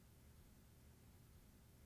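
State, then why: Not seated. A Whirlpool/KitchenAid/Maytag lid switch assembly (WP22001682) on a top-load washer console is being pulled down against its mounting while its 5/16 screw is tightened with a nut driver, until the black switch clicks to mark the correct adjustment, since a wrong adjustment could short out the fuse. Only a steady broadband hiss with a low rumble underneath is heard, with no sharp sounds. Nothing has seated or clicked yet.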